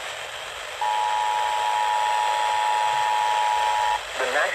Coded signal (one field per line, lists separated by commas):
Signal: Emergency Alert System (SAME) tones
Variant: 853 and 960 Hz attention tone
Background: speech